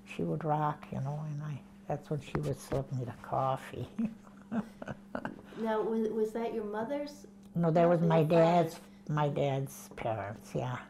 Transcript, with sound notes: She would rock, you know, and I, that's when she would serve me the coffee. ( she laughs )
Now was that your mother's...
No, that was my dad's, my dad's parents, yeah.